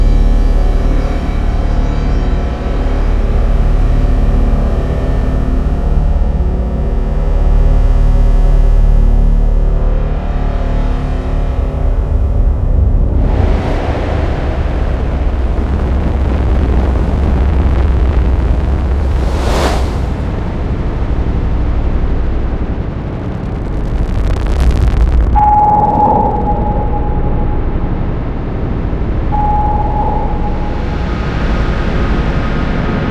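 A dark cinematic drone rumbles low and steady, then swelling whooshes and bright sweeps rise around 13, 20 and 25 seconds, with brief tonal pings.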